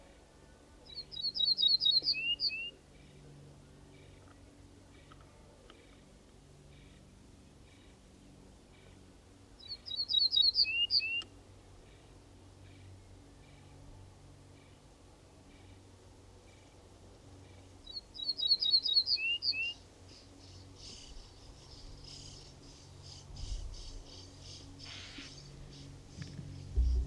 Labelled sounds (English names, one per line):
Ortolan Bunting song